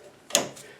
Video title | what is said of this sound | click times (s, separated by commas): Riding Mower Loose Steering | Snaps right into place, nice and tight. | 0.4 s